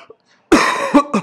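A hacking cough from an adult man: a loud first burst followed by two shorter coughs.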